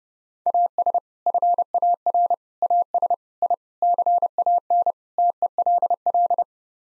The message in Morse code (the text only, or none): AS FAR AS I CAN TELL